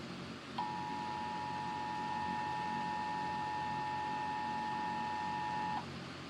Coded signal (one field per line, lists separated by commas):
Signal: Emergency Alert System (SAME) tones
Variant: 853 and 960 Hz attention tone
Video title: this is my first premiere of a reaction video, reacting to helluva boss massacre by easboy 111